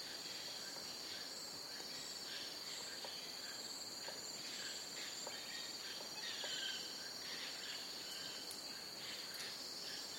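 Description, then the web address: Crickets chirping in a dense, continuous chorus, a steady high buzzing trill with a second thinner band above it, faint scattered clicks and ticks throughout. Crickets in jungle. "the sound pack tree. jungle crickets"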